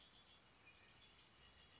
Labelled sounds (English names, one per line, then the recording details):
Red-winged Blackbird
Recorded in Sonoma County, California